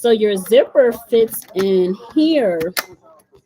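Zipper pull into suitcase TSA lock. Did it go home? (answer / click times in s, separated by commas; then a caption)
no / none. Someone talks while handling the zipper pull of a black Samsonite hard-shell suitcase at its built-in TSA combination lock slot, with brief handling noises near the end. The pull is only being handled; nothing has seated or clicked yet.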